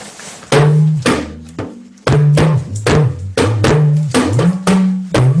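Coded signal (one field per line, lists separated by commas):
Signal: talking drum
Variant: Yoruba dùndún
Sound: sharp drum strokes with low pitches rising and falling like speech tones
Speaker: that simply means welcome everybody we have been expecting every single uh one of you and did you arrive safely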